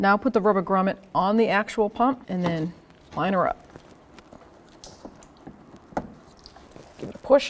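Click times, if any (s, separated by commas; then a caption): none. Someone talks while a new windshield washer fluid pump for a 2003-2008 Toyota Matrix, with its rubber grommet fitted, is lined up with the reservoir opening before being pushed in. Only faint handling noises are heard between the speech, with small taps around 3.8 to 6.5 s and the loudest near 6.0 s. Nothing has seated or clicked yet.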